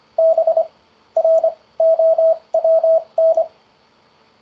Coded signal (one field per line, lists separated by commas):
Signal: Morse code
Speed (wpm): 24 wpm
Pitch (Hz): 650 Hz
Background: none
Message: BROWN